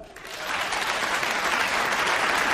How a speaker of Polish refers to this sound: Niespodzianką jest nagroda, o której zadecydują brawa naszej wspaniałej publiczności. Dziękuję, a więc kochani, teraz będą brawa dla kandydata z numerem drugim. Uwaga, czas start.